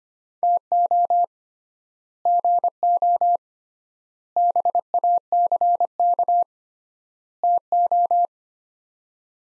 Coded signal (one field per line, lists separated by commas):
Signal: Morse code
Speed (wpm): 25 wpm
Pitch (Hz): 700 Hz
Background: none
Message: TO GO BACK TO